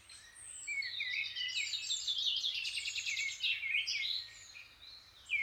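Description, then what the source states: Birds singing together as they wake, overlapping high chirps, trills and whistles blending into a continuous twittering mass, with a faint low hum underneath. Birds waking up.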